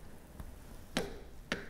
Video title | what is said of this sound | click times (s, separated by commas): How to Torque Bolts in Sequence on your Vintage Honda Motorcycle | let's see the wrench click | 1.0 s, 1.5 s